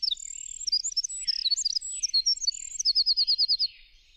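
Bird song: high, clear whistles and quick chirping notes, ending in a rapid even trill of about eight notes before fading out.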